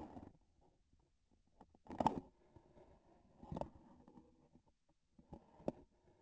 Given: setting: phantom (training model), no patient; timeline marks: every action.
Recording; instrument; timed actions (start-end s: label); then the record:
laparoscopic instrument, vibration sensor on the handle end; grasping forceps
0.00-0.41 s: grasping tissue
1.78-2.36 s: releasing tissue
From the record:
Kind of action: gesture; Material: synthetic tissue